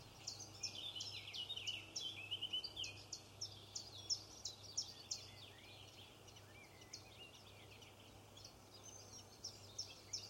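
Robins chirp in rapid, bright bursts, busiest in the first five seconds then sparser, over a steady low hum and faint background noise.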